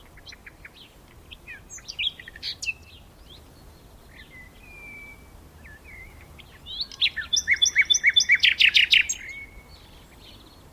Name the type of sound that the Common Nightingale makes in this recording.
song